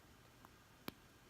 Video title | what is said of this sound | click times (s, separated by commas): Wellness Workshop 101: Digestion Capsules | I'm gonna put this close I hope you can hear it there's a little click there's like a little notch built in there make sure that it clicks | 0.9 s